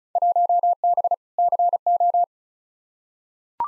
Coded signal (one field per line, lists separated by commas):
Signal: Morse code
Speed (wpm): 36 wpm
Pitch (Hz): 700 Hz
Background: none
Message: 1B CO